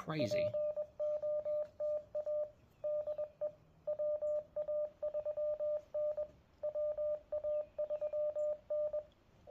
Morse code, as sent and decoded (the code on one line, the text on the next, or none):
.--. --- - .- / -.. . / .-- .- ...-- -. / .-- .- ...-- -.
POTA DE WA3N WA3N